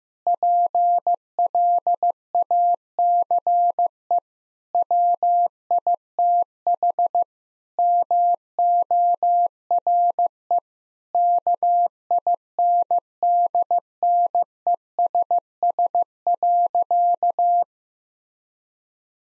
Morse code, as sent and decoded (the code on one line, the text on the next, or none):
.--. .-.. .- -.-. . / .-- .. - .... / -- --- .-. . / -.- .. -. -.. -. . ... ... .-.-.-
PLACE WITH MORE KINDNESS.